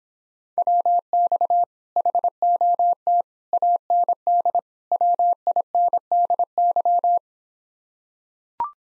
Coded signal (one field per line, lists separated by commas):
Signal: Morse code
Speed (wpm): 26 wpm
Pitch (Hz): 700 Hz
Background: none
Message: WX HOT AND WINDY